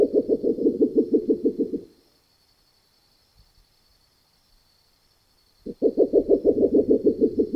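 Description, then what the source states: Spectacled owl hooting in fast, even, low pulses for two seconds, a pause with faint ticks, then the knocking series resumes strongly, with a steady high whine in the background. In the Neotropics.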